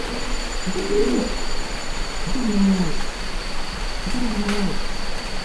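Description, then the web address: Sumatran orangutan hoots, three low moaning calls over steady background hiss. "earth naturelibrary assets s su sumatran orangutan"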